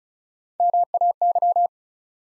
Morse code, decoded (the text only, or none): MAY